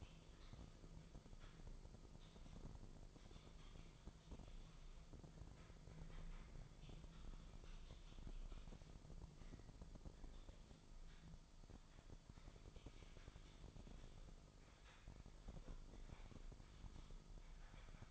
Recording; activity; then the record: daily activity, microphone in the room; typing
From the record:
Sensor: 5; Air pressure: 995.4 hPa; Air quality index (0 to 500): 87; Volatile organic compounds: 4 ppm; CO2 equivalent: 1614 ppm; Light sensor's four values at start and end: 25/62/24/22 and 25/61/24/22